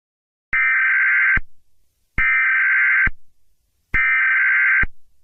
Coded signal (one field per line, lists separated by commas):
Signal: Emergency Alert System (SAME) tones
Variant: header bursts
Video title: Eas Scenario 12: Gray12 (aka me)